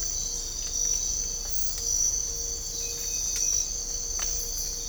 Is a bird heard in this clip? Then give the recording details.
no. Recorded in dense forest near Puerto Asís, Putumayo, Colombia, on 22 December 2024 at 05:00. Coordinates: 0.500, -76.322. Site G053